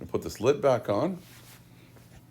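Someone talks while handling the plastic lid that goes back onto the fuse/power module (TIPM) of a Grand Caravan, followed by quiet low background hum. Nothing has seated or clicked yet; the lid is not yet home.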